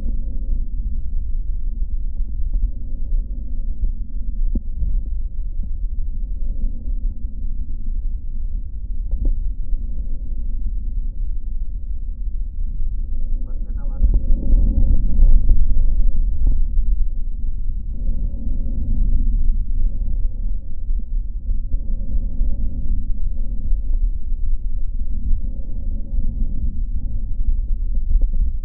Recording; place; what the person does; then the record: lung sounds by stethoscope; left posterior apical chest; quiet breathing, then deep breathing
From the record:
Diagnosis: pulmonary infection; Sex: male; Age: 74 years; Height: 171 cm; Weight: 80 kg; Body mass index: 27.4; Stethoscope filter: diaphragm mode